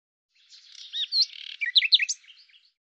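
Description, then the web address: Common nightingale song: one short phrase of scratchy, varied notes with a few clear whistled notes, against a silent background. "cianscape birddata Deverinetal 2025"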